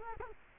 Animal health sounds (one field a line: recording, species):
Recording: mosquito wingbeat signal from an infrared sensor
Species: Culex quinquefasciatus